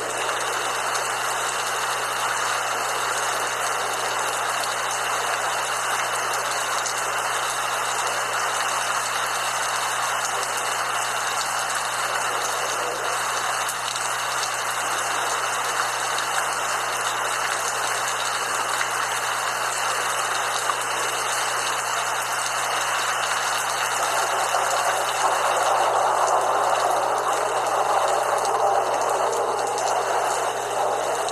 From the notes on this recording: Relaxing Thunderstorms and light Rain